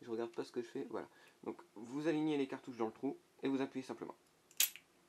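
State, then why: Released. Someone talks while lining up the shells in a speedloader with the chambers of an airsoft Dan Wesson 6-inch revolver's open cylinder and pushing them in. A small, sharp click at 4.6 s is the speedloader releasing the shells into the cylinder.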